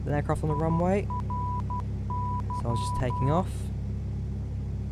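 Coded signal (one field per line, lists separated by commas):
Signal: Morse code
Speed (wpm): 12 wpm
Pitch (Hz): 990 Hz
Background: speech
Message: IRY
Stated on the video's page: Morse heard in the Flight Simulator X game.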